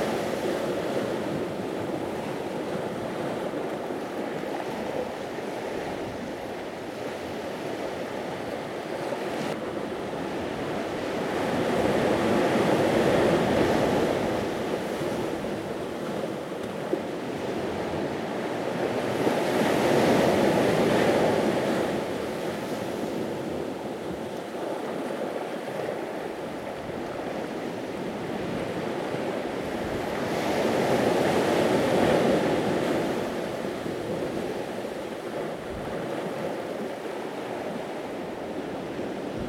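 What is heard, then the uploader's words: Waves wash up a small cove in slow surges, swelling around 12, 20 and 31 seconds over a steady hiss of surf. In a small, seldom visited cove, the waves surge up and down the shore. Recorded by Megan Shersby. Waves on a hidden cove on Shetland.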